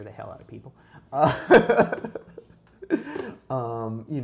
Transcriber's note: laughs